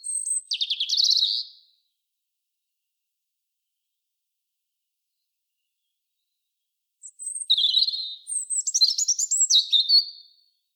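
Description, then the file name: European robin singing two separate phrases of high, tinkling warbles and sliding notes, divided by several seconds of quiet; background otherwise silent. "Erithacus rubecula"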